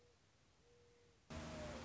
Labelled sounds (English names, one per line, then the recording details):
Mourning Dove
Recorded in Sonoma County, California